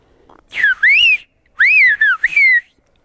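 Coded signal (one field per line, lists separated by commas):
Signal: whistled language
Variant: Silbo canario (Gran Canaria)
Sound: two short phrases of piercing whistle, pitch rising and falling in glides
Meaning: Kid, come here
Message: Chiquillo, ven aquí.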